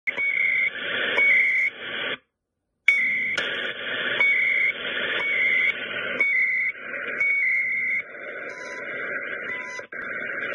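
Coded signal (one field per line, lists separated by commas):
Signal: radio time signal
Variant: CHU, 300-baud FSK timecode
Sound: hissy shortwave static with a short high warbling data burst each second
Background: radio static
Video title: CHU Canada Time Signal 2/17/21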